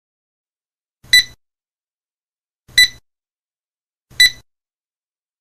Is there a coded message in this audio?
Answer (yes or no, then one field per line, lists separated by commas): no